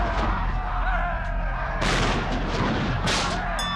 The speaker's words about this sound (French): Ils les coursent, ils les chassent, ils les collent. On fait tirer les canons.